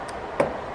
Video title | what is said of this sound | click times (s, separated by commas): LTZ 400 Gets A New Top End Rebuild | You want to make sure to listen for that to snap into place. | 0.4 s